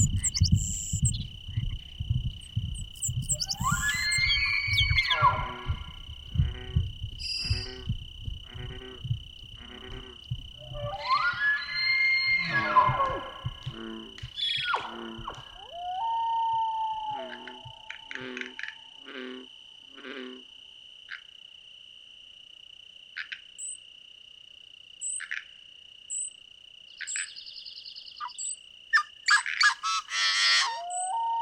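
Loud croaking frogs pulse densely for twenty seconds over a steady high insect whine, then thin out as chirps flick in.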